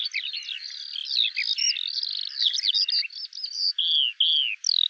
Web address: alauda arvensis call